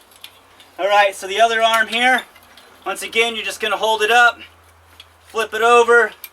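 Someone talks while holding up the folding metal bar of the second forearm brace on a homemade exoskeleton's arm frame and flipping it over onto the arm, with a couple of faint ticks around 0.2 s and 5.0 s. The clip ends before the bar latches, so nothing has seated or clicked yet.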